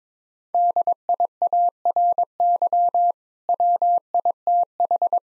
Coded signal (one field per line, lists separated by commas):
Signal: Morse code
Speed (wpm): 22 wpm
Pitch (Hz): 700 Hz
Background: none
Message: DIARY WITH